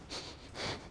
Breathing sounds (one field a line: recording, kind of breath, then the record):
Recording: one breath in and out by a microphone near the nose and mouth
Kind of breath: strong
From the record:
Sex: male